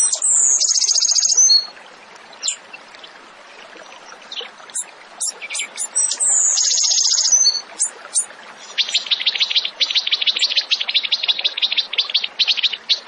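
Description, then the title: Tembakan bird song: two long buzzy trills separated by scattered sharp high notes, then a fast stuttering rattle of rapid pulses at the end. Masteran training recording for songbirds; the bird is described as gacor, singing often and energetically. "Masteran Burung Tembakan Gacor"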